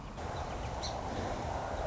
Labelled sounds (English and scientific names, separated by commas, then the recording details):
Song Sparrow (Melospiza melodia)
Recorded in Sonoma County, California